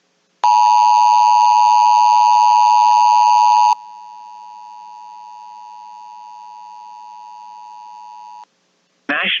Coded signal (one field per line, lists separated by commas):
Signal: Emergency Alert System (SAME) tones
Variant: 853 and 960 Hz attention tone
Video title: EAS Severe Thunderstorm Watch SE Minnesota and western Wisconsin NOAA Weather radio KEC65